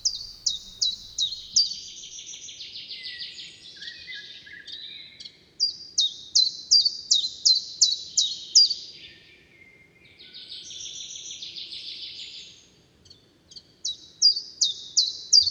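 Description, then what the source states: Common chiffchaff repeating high chiff-chaff notes in several bursts, with quieter trilling phrases in the gaps. Two-note 'chiff-chaff' song heard in spring in Britain; among the first summer migrants to arrive.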